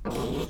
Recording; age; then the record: pig call; piglet (1 to 25 days)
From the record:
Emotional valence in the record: negative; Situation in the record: crushing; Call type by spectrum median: low-frequency call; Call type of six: mixed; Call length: 0.49 s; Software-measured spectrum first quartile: 245 Hz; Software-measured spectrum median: 472 Hz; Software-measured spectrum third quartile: 1427 Hz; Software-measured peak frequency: 444 Hz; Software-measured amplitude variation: 138 dB a second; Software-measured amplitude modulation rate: 24.4 a second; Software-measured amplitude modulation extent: 5.7 dB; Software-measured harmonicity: -0.7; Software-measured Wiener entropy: -1.56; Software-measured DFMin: 999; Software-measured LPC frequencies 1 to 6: 431, 1099, 2504, 3296, 4963, 5671 Hz